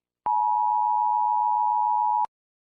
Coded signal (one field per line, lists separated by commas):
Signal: Emergency Alert System (SAME) tones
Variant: 853 and 960 Hz attention tone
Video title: Eas scenario toppat invation